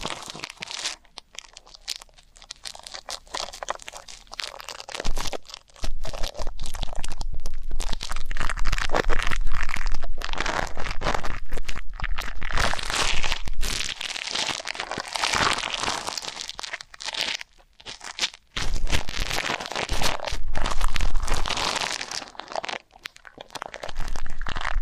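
Ear canal cleaning sounds: dense, crackling scratches and crinkly rubbing fill most of the clip, with bursts running several seconds at a time. Brief quiet gaps fall near 5, 18 and 23 seconds, and a low rumble sits underneath the louder passages.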